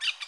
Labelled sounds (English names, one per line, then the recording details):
Brown-throated Parakeet contact call
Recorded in Curacao
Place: along powerline, near entrance of Santa Barbara resort
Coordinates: 12.068, -68.844